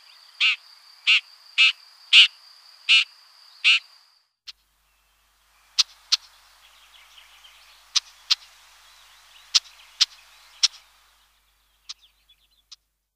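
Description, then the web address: Shrike giving a run of six harsh notes, then quieter scattered sharp clicks and ticks. "Pie grieche"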